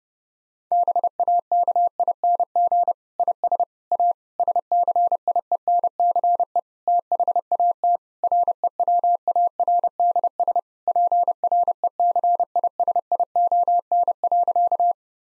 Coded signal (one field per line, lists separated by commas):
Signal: Morse code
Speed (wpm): 32 wpm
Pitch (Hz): 700 Hz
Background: none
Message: BAKING IS A SCIENCE THAT REWARDS PRECISION.